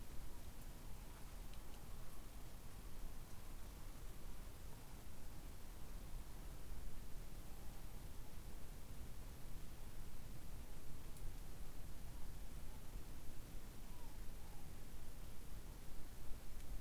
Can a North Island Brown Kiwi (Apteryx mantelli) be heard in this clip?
no